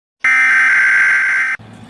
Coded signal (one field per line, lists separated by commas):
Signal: Emergency Alert System (SAME) tones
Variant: header bursts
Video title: @Firey2011_XD EAS alarm (2023)